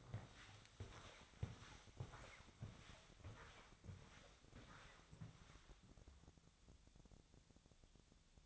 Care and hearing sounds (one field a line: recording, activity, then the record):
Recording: daily activity, microphone in the room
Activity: walk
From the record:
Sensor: 3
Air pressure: 1000.5 hPa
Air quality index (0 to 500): 165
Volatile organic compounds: 3 ppm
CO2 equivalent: 1439 ppm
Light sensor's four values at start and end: 17/44/18/19 and 18/46/18/20